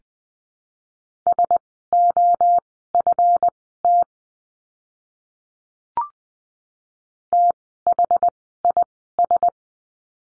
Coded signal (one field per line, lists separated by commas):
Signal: Morse code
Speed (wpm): 20 wpm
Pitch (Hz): 700 Hz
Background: none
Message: SOFT THIS